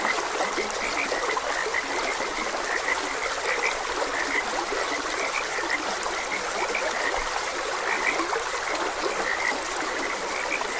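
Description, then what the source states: Busy frog chorus of rapid, overlapping short croaks continuing without pause, with trickling water underneath. Frogs croaking beside a gentle stream.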